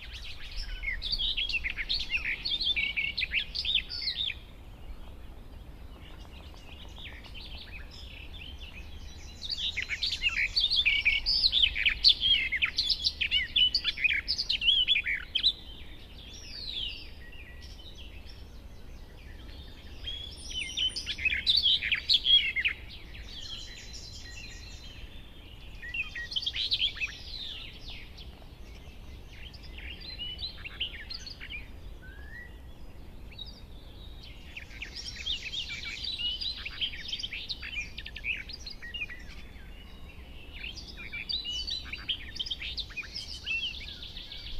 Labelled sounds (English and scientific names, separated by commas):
Barred Warbler (Sylvia nisoria)